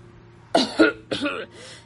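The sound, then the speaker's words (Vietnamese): A short run of raspy, voiced coughs, two quick ones then a third, trailing into a softer, breathy throat clearing that fades out. “Cutringer ho và cẩn thận nhìn vào chiếc khăn tay.”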